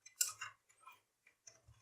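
A SATA cable plug is pushed straight onto a hard drive's connector socket, plastic plug into plastic socket. A sharp, bright click at 0.2 s marks the plug seating, surrounded by a few softer plastic ticks and rustles. The connector ends up seated on the drive.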